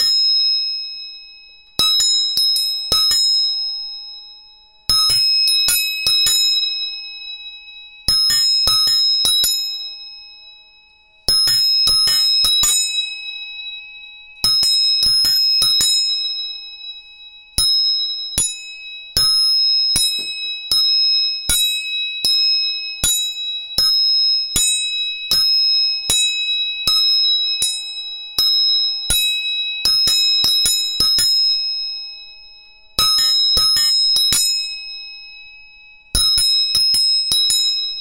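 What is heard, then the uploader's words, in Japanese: Three tuning forks are struck again and again, each strike a bright metallic ping whose clear tones ring on and slowly fade. The hits come in clusters every few seconds, sometimes several in quick succession, with steady high pitches sustaining between them. 音叉チューニング3本。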